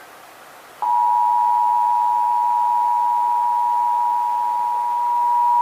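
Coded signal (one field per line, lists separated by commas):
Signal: Emergency Alert System (SAME) tones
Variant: 853 and 960 Hz attention tone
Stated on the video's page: Texas required monthly test as carried on KDFW, WFAA, KTVT and KTXA television stations.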